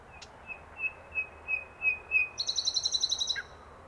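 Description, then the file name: Common nightingale song: slow pure whistles swelling louder one after another, then breaking into a rapid rattling trill and a short low note. "Luscinia megarhynchos"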